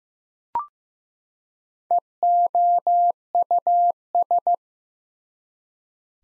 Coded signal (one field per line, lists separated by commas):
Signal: Morse code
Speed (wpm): 15 wpm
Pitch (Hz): 700 Hz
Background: none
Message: EOUS